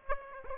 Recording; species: mosquito wingbeat signal from an infrared sensor; Aedes aegypti